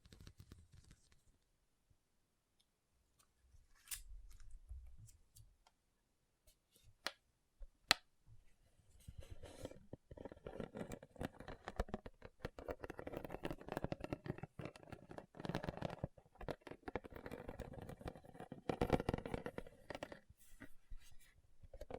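Rhinestone tapping and scratching: sparse clicks and a few sharp taps early, then dense, busy scratching and rattling from about ten seconds on.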